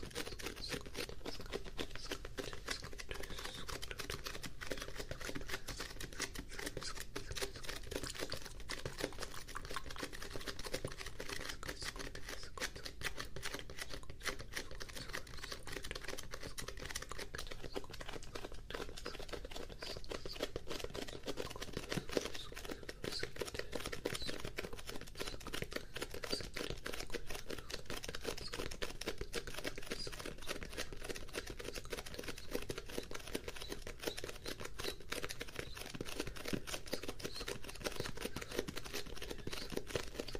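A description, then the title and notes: Fast, aggressive mouth sounds mixed with sticky tapping run without a break for the full forty seconds. Dense, rapid clicks and wet smacks pile on top of each other, with bright crackly detail over a low steady murmur and no real pauses. Fast and Aggressive Mouth Sounds and STICKY TAPPING.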